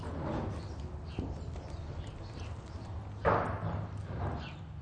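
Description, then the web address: Horse movement in a barn: scattered shuffling, then a sharp heavy thud followed by lighter knocks, over a steady low hum. Horse barn ambience with horse movement. "SFXBible ambience-horse-barn-horse-movement-neigh-trainer-movement-distant-traffic"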